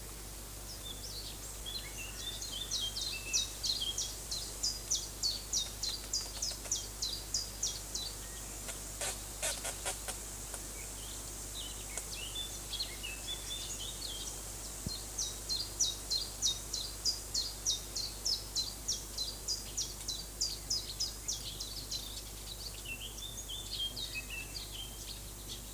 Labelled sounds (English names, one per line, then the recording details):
Common Chiffchaff song
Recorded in the wild
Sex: male
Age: adult
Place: Lübars, Berlin, DE
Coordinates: 52.6175, 13.3625
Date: 2004-05-02 12:42
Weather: overcast, 16°C
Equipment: Fair Mate ST-1328 (Asahi Electronics, Japan), Sennheiser ME 80, Kopie Uher 4000 Report Monitor
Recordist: Tembrock, Günter